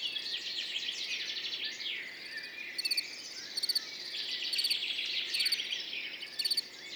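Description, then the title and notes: Field cricket chirps, clusters of sharp pulses spaced about a second apart, mixed with lively chattering and whistled birdsong. Recorded among orchids on Montagne du Puy, 10 June 2019, in the morning after a mild night; continuous song, with birds waking and insects warming up behind; Nagra Seven, MKH40, stereo. "10 juin 2019-Montagne du Puy - Nagra seven - mkh40-stéréo Ce matin comme la nuit a été douce le grillon champêtre continu sont train train sonore."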